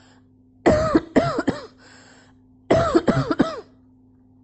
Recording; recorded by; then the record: voluntary cough; messaging app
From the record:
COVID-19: negative